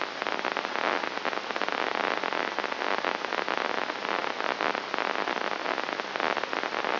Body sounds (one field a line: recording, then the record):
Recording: brain microelectrode recording played as sound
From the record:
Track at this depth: inside the subthalamic nucleus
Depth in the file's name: 2.104 mm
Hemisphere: left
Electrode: 2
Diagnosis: Parkinson's disease